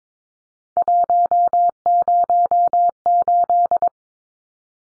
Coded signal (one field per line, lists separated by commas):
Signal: Morse code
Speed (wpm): 22 wpm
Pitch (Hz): 700 Hz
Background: none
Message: 108